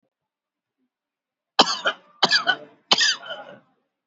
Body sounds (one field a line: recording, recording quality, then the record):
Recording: shallow voluntary cough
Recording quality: excellent, no background noise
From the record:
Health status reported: exposed to COVID-19, no respiratory illness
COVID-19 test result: not tested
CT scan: not taken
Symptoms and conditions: cold, diabetes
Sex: male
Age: 52 years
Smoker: no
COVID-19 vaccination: both doses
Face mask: worn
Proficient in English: yes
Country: India